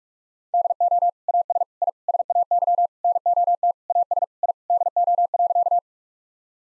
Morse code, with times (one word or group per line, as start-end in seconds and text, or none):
0.5-1.1 DO
1.3-1.6 AS
1.8-1.9 I
2.1-2.9 SAY
3.0-3.7 NOT
3.9-4.2 AS
4.4-4.5 I
4.7-5.8 DO.